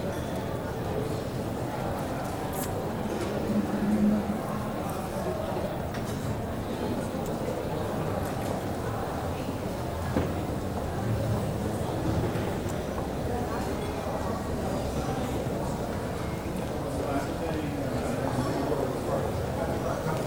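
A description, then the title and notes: Hotel lobby with a steady murmur of overlapping voices, low constant rumble underneath, and occasional faint clicks or footsteps throughout. Lobby of Regent Hotel, Hong Kong.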